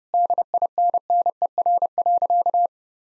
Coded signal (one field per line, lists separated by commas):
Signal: Morse code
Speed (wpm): 32 wpm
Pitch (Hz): 700 Hz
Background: none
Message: DINNER.